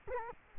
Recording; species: mosquito wingbeat signal from an infrared sensor; Culex quinquefasciatus